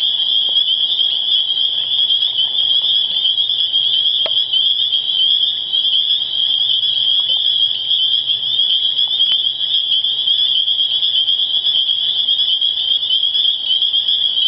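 Spring peepers in a dense chorus, countless high piping peeps overlapping into a continuous shrill ringing that never pauses, with a faint low hum underneath.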